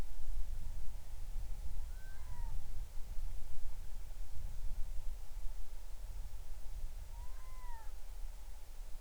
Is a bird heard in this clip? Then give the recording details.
yes. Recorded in the Arctic National Wildlife Refuge, Alaska, on 20 July 2019 at 02:59. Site 38